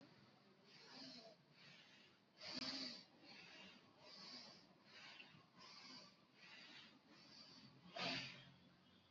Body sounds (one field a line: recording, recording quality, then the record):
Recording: deep breathing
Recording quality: moderate, slight background noise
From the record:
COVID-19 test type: RT-PCR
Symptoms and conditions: diabetes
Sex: male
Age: 34 years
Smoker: no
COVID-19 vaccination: both doses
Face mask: worn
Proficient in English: yes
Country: India